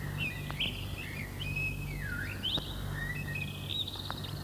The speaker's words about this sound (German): Dann ist sie satt gefressen, putzt sich noch ein bisschen das Gefieder, sitzt aufgeplustert auf einem Ast im Schein der untergehenden Sonne und singt. Für unser Menschenohr ist dieser Ruhegesang, wie ihn die Vogelforscher nennen, der schönste.